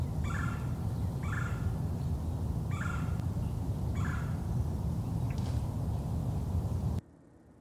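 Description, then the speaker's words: Red-bellied Woodpecker giving four rolling churr notes over a heavy low rumble that stops abruptly near the end. Recorded in the Twin Cities area. "the we're going to lead out here with a call from a red-bellied woodpecker. And that was recorded by Michael Urban in the Twin Cities area."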